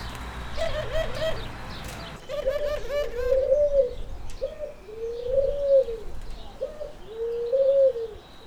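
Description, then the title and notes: Turtle dove cooing, low purring phrases repeated about every two seconds, with chirps from other small birds early on. Several turtle doves calling. "Nos encontramos a Pere mientras estoy grabando a unas tórtolas y nos explica como és el sonido que generan y lo que le gusta escucharlas."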